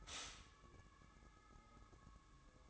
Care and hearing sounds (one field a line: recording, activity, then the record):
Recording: daily activity, microphone in the room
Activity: stop toaster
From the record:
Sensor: 3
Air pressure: 1007.2 hPa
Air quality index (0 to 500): 54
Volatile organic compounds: 1 ppm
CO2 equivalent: 591 ppm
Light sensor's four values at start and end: 7/17/7/7 and 7/17/7/7